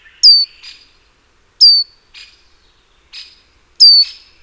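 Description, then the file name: Great tit: three loud, ringing, downward-slurred calls, each trailed by a quieter buzzy note, with short silent gaps between them. "Parus major"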